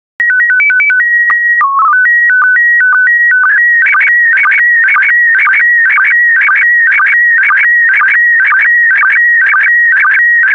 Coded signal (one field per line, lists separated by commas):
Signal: SSTV (slow-scan television)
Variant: PD 120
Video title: 65088 Japan Volume I SSTV PD120